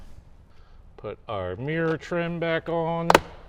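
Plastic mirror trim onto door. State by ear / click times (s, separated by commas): not seated / none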